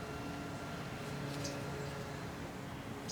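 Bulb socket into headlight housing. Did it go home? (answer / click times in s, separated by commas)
no / none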